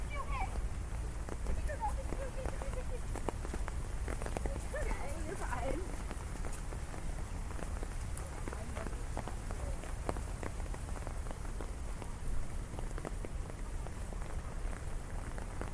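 Steady rain patters over a low rumble, with brief voices of passersby in the first six seconds and scattered sharp drips throughout.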